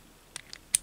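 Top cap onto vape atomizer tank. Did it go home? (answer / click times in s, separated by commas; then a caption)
yes / 0.8 s. The top cap is put back onto a Digiflavor Siren V2 MTL vape atomizer tank after it has been filled with 4.5 ml of e-liquid. Two faint ticks at 0.4 and 0.5 s lead to one sharp click at 0.8 s as the cap locks into place. The clip contains no speech.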